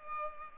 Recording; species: mosquito wingbeat signal from an infrared sensor; Culex pipiens